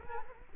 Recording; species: mosquito wingbeat signal from an infrared sensor; Culex quinquefasciatus